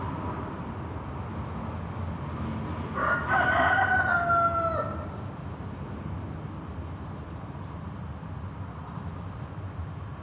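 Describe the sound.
Chicken: rooster crowing once, a long falling cock-a-doodle-doo in the middle, with steady traffic rumble throughout.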